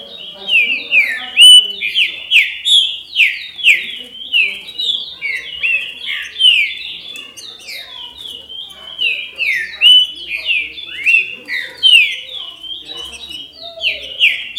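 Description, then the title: Green-winged saltator singing a fast, unbroken chain of clear whistled phrases, notes sliding down and up in quick succession throughout, with a few louder peaks. "Trinca Ferro"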